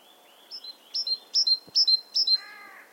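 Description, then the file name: Great tit: several quick ringing two-note phrases, high then lower, ending in a short churring call. "Parus major"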